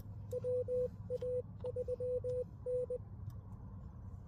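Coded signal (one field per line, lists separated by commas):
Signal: Morse code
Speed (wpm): 20 wpm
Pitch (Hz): 500 Hz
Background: none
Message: WA3N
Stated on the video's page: Morse CW from a park activation and a lake activation (LLOTA), using a Xiegu X6200 with Putikeeg keys and a dipole on a 14ft mast.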